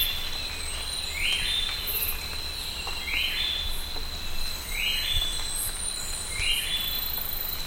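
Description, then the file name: Bird calls, four short rising buzzy sweeps over a steady high tone and constant insect-like hiss. "SABIOD 50 bird 2015"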